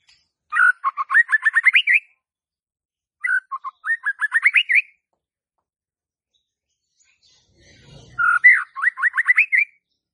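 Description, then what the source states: White-rumped shama song in three bursts of quick, rising whistled notes, each phrase climbing in a rapid stuttering series with short silences between, plus a faint low thud. Lure (pancingan) of a bird described as stressed and stuck (macet).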